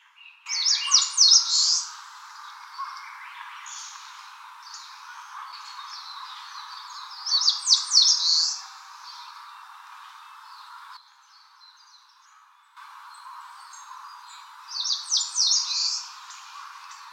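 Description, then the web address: Eastern crowned warbler singing three short phrases of quick high notes, about seven seconds apart, over a steady background hiss. Recorded 5 April 2013. "birdenaga sendaimusikui 130405"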